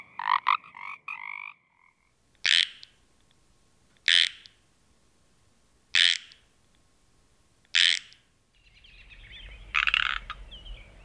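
Pacific tree frog giving a quick run of pulsed croaks, then single harsh croaks about every two seconds, ending under a rising wash of noise.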